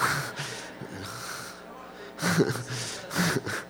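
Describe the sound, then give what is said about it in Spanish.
A person fakes snoring, letting out two rough, nasal snorting breaths about a second apart after a stretch of soft, breathy noise. “hasta roncó.”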